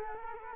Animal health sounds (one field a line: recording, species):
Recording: mosquito wingbeat signal from an infrared sensor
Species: Culex quinquefasciatus